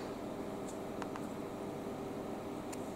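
Pressing the plastic cap of a compartment on an EZY DOSE pill organizer box releases its snap latch, and the lid clicks open. Two faint clicks come at 1.0 s and 1.2 s over a steady background hum, and no one talks.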